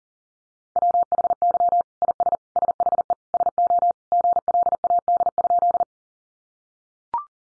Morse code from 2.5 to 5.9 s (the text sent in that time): SHE SO GLAD?